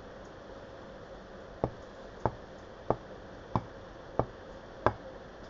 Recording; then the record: background sound without coughing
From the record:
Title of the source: wind